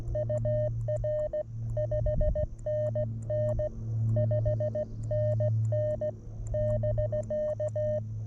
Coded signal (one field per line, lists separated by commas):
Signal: Morse code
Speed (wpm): 14 wpm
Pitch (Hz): 590 Hz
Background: none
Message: UR 5NN 5NN <BK>